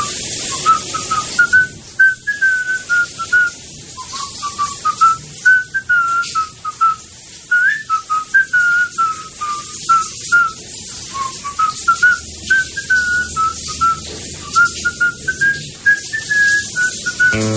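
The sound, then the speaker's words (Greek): A person in a shower whistles a well-known march for the whole stretch, the clear melody line rising and falling in short rhythmic phrases with brief breaths between them. “Το γνωστό εμβατήριο.”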